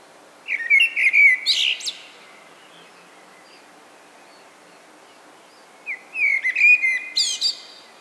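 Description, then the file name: Common blackbird singing two phrases, each a rich fluty warble rising into scratchy high-pitched twittering, separated by about four seconds of quiet. "Turdus merula"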